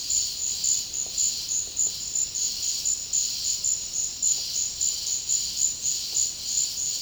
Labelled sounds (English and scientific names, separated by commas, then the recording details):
none
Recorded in dense forest near Puerto Asís, Putumayo, Colombia, on 18 February 2024 at 12:00
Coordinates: 0.485, -76.325
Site G6429